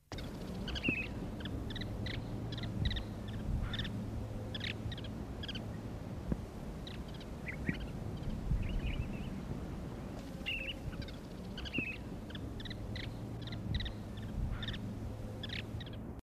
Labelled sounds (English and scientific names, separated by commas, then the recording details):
Greater Sand Plover (Charadrius leschenaultii) call
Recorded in captivity
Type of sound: call
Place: Eilat, IL
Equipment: Halbspur, 9,5 cm/s
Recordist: Lütgens, Hans
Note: Aufflug Salinen bei Eilat